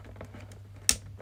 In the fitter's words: Oh, there you go. There's a click.